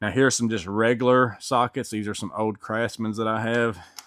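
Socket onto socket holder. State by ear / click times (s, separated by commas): not seated / none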